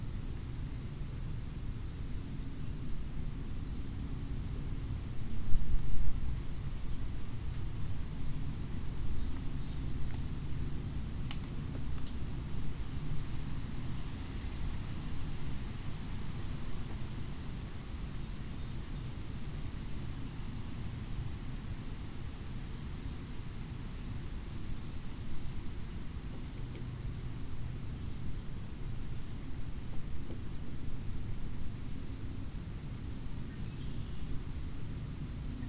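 Wind on a windy day among oak and hickory trees, a steady low rushing roar that stays fairly even throughout. A brief louder gust or bump comes around six seconds, with a faint thin high tone running underneath the whole time.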